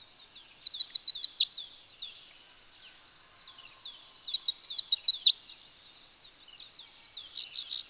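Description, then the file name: European goldfinch twittering softly between two loud bursts of quick, liquid, tinkling notes, then a few sharp high notes at the end. "Carduelis carduelis"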